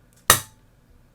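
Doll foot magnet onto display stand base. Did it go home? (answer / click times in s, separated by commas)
yes / 0.3 s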